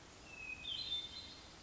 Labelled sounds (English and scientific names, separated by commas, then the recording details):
Hermit Thrush (Catharus guttatus)
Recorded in Sonoma County, California